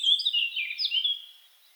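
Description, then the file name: A short blackcap phrase of smooth, slurred whistles that wavers up and down, then fades out. "Sylvia atricapilla"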